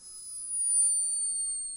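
A thin, very high whistling tone with a fainter lower partner holds steady for almost two seconds, swelling slightly midway. It is a hummingbird in Peru snoring while in torpor, a deep rest state; the snore is unusually high-pitched, almost like ultrasound.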